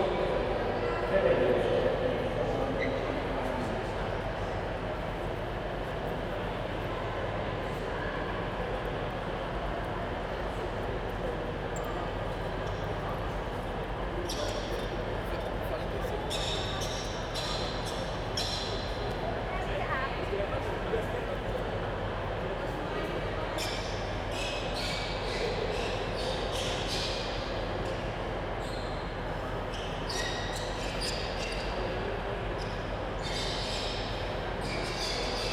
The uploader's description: recorded at Newcastle's Central Station